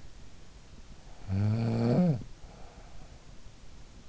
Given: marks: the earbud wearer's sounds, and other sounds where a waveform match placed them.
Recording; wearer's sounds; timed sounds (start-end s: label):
sounds in sleep by an in-ear microphone; snoring breath
0.66-3.74 s: snoring breath